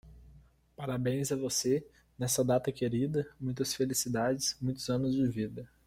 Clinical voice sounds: short text; Brazilian Portuguese; male; 20 to 29 years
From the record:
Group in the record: control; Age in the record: 21 years

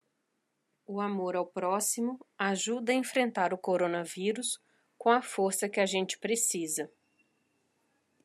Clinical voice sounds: spoken sentence; Brazilian Portuguese; female; 40 to 49 years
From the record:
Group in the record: control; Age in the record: 48 years

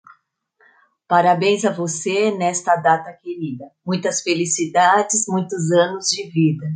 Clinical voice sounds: short text; Brazilian Portuguese; female; 20 to 29 years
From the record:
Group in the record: control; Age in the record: 26 years

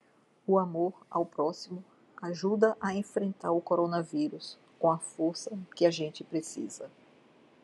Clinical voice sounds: spoken sentence; Brazilian Portuguese; female; 60 to 69 years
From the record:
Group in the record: control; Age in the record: 60 years

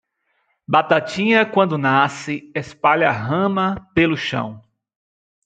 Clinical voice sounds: short text; Brazilian Portuguese; male; 40 to 49 years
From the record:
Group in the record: control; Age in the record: 44 years

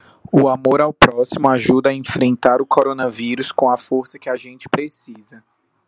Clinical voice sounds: spoken sentence; Brazilian Portuguese; male; 20 to 29 years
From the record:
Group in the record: control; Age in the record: 27 years

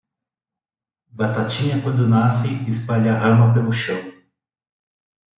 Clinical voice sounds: short text; Brazilian Portuguese; male; 40 to 49 years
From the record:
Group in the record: control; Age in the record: 42 years

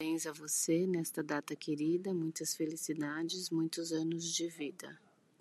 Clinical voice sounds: short text; Brazilian Portuguese; female; 40 to 49 years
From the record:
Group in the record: control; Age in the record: 49 years

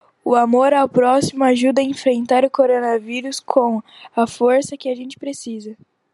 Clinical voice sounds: spoken sentence; Brazilian Portuguese; female; 50 to 59 years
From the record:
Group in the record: control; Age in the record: 50 years

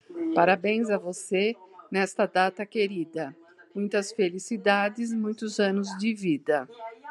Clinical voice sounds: short text; Brazilian Portuguese; female; 50 to 59 years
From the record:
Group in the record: control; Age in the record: 59 years

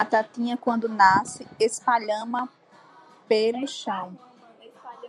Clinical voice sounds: short text; Brazilian Portuguese; female; 30 to 39 years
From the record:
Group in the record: control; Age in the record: 38 years

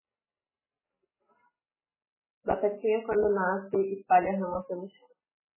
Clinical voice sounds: short text; Brazilian Portuguese; female; 30 to 39 years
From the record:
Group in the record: control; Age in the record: 36 years

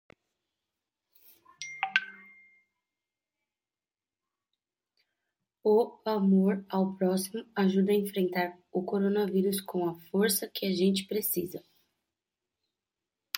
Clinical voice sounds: spoken sentence; Brazilian Portuguese; female; 20 to 29 years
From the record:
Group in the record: control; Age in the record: 25 years

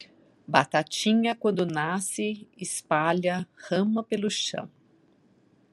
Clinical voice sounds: short text; Brazilian Portuguese; female; 60 to 69 years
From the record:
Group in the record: control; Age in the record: 64 years

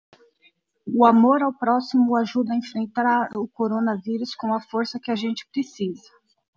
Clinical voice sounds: spoken sentence; Brazilian Portuguese; female; 30 to 39 years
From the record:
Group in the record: control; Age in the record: 37 years

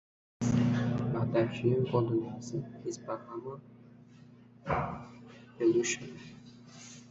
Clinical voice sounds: short text; Brazilian Portuguese; male; 20 to 29 years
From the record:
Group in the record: control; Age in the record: 23 years

